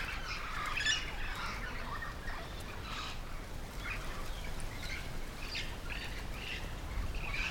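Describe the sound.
Yellow-shouldered parrots squawk quietly, scattered harsh screeches and squeals spaced throughout above a steady low rumbling background noise.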